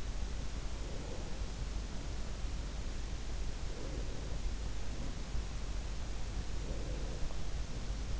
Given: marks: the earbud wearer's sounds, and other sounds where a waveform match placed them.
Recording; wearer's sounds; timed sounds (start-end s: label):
sounds in sleep by an in-ear microphone; breath
0.88-2.34 s: breath
3.66-5.35 s: breath
6.63-8.20 s: breath